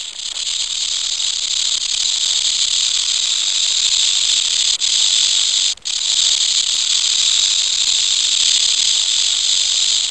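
Rattlesnake rattling, a continuous dry high-pitched buzzing hiss held steadily for about ten seconds, broken by two brief gaps near the middle.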